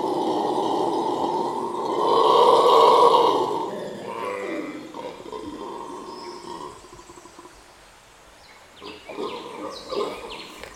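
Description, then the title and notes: Howler monkeys build to a loud, booming roar peaking around three seconds, then fade to softer grunts. Howler monkeys at Quebrada Valencia in the Sierra Nevada de Santa Marta foothills, 10 am, greeting visitors at unusually close range, which seemed strange to locals. "MONOS AULLADORES DE LA SIERRA NEVADA. son las 10 am en el sector de Quebrada Valencia y los monos aulladores nos dan la bienvenida de forma muy cercana"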